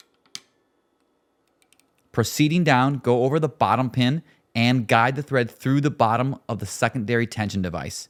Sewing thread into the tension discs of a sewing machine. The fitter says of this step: hear the thread click in